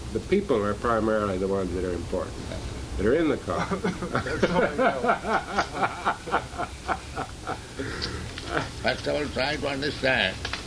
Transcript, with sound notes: The people are primarily the ones that are important, that are in the car. [laughter]
First of all try to understand